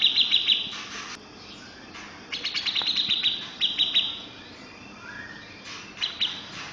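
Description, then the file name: Grey-cheeked bulbul song: bursts of rapid, high chattering notes separated by short pauses, with a faint lower slurred note near the end. "cucak jenggot om firly"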